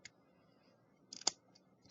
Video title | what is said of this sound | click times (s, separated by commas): Kidrobot South Park 'The Stick of Truth' Figures Unboxing Reveal & Detail | there we go snaps right in | 1.3 s